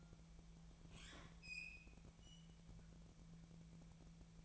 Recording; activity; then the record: daily activity, microphone in the room; open fridge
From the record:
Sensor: 1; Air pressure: 1000.1 hPa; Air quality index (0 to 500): 135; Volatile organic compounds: 2 ppm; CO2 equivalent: 1276 ppm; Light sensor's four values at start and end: 36/91/38/47 and 36/91/38/47